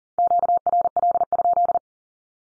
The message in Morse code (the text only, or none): QRL?